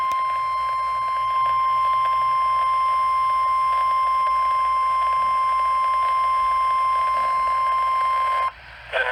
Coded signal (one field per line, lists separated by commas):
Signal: Emergency Alert System (SAME) tones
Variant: 1050 Hz attention tone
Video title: Before Isaias...EAS Alerts From August 3, 2020 (EAS #266-276)